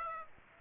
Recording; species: mosquito wingbeat signal from an infrared sensor; Aedes aegypti